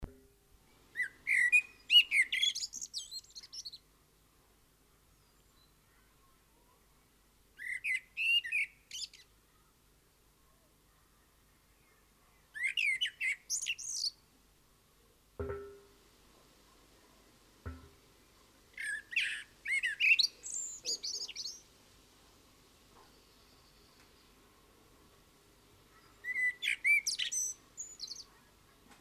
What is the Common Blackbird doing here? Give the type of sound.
song